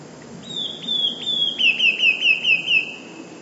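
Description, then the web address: Eurasian blue tit singing a few high sustained whistles that run into a rapid descending trill of short notes, with soft low noise behind. "wroblowe teka 2 spiew. modraszkoteka"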